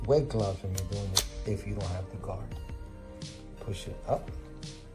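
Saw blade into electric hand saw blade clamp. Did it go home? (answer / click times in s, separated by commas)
no / none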